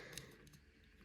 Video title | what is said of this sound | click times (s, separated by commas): Magic square MSB-48 POWER KING devastator G2 review | and lock into place | 0.2 s